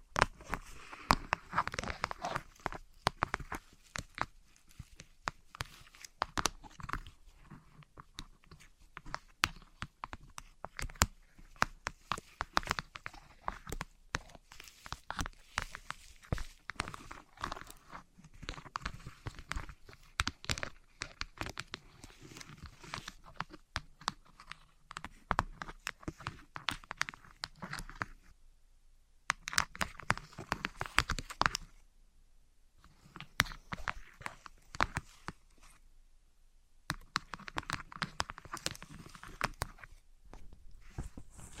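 Objects of wood, cork, sponge, foam, glass and plastic are handled in dense bursts of knocks, taps and crunches, with brief silences near 29 and 36 seconds.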